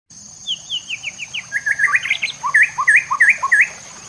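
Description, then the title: White-rumped shama singing: a run of quick descending slurred whistles, then crisp upswept check-mark notes repeated about three times a second, over a steady faint high tone. Training recording for cage birds. "MASTERAN MURAI BATU LABAIK"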